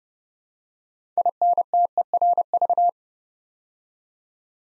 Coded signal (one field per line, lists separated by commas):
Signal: Morse code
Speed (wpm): 30 wpm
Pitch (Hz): 700 Hz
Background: none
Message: INTERV